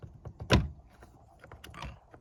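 A car's tail light wiring harness plug is pushed into the socket of the second Vland tail light housing, and it clicks in with a sharp, loud snap at 0.5 s. A few faint light ticks and rustles follow. The connector is seated.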